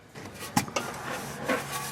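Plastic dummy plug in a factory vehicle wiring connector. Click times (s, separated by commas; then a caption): 0.6 s, 0.8 s. A plastic dummy plug is pulled out of the factory trailer-wiring connector of the tow package on a 2019 Chevrolet Blazer, with the release tab pressed, while preparing to install a Curt T-Connector wiring harness. Sharp plastic clicks are heard at 0.6 s and 0.8 s as the tab lets go, with a fainter tick between them and a soft rustle afterward. The dummy plug comes free of the connector.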